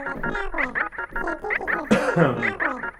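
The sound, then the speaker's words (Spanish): A single sharp, breathy cough bursts out midway through, surrounded by voiced, throaty vocal sounds that rise and fall before and after it; a radio host turns to one side and coughs during a live radio broadcast. “Me encanta hacer radio en vivo porque puedo toser sin problema, me corro hacia un costado y toso y todo el mundo se entera de que esto es radio en vivo.”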